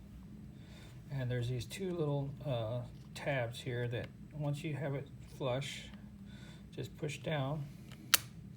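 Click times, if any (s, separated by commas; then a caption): 8.1 s. Someone talks while a DDR4 SO-DIMM memory stick is laid flush in the memory slot of an HP EliteBook G7 laptop and pushed down. At 8.1 s a single sharp click rings out as the slot's two small retaining tabs lock over the stick, seating it.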